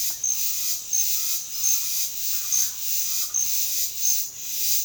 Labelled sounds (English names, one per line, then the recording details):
Undulated Tinamou
Speckled Chachalaca
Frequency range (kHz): Undulated Tinamou 1.0-1.6 kHz; Speckled Chachalaca 0.6-2.0 kHz
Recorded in dense forest near Puerto Asís, Putumayo, Colombia, on 21 February 2024 at 07:00
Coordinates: 0.505, -76.324
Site G6467